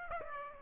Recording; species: mosquito wingbeat signal from an infrared sensor; Aedes aegypti